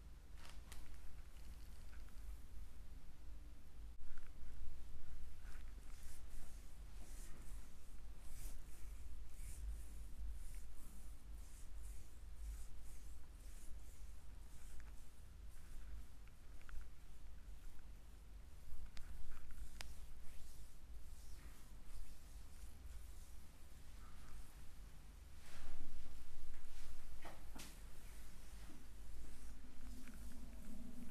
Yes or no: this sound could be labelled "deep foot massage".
yes